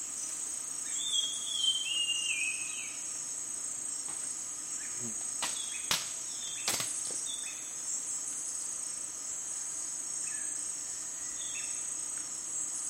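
Dusk in the rainforest, carried by a steady, high, shrill insect chorus that never lets up. Bird calls slide and whistle through the middle and upper range, and a few sharp clicks or snaps land near six and seven seconds over a low, quiet background.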